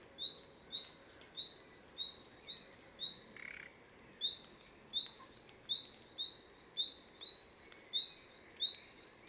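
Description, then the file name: Common nightingale uttering a series of short whistled notes that slur upward, repeated rapidly with a short pause and one brief rasping note midway. "Luscinia megarhynchos"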